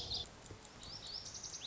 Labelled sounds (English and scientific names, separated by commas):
Lazuli Bunting (Passerina amoena)